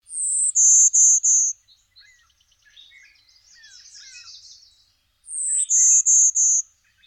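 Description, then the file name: Golden-winged Warbler song: a high note then three buzzy notes, given twice about five seconds apart, with softer twittering in between. An endangered bird whose numbers are rapidly declining in eastern states. "Golden-winged Warbler Endangered Project"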